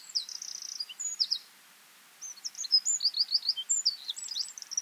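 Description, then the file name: Eurasian wren: a burst of high buzzy trills, a pause of about a second, then a longer rush of sharp notes and rolling rattles. "Troglodytes troglodytes"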